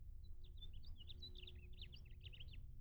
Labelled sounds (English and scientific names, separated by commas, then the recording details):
House Finch (Haemorhous mexicanus) song
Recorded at Hewlett Harbor on Long Island, New York, on 10 June 1975
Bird E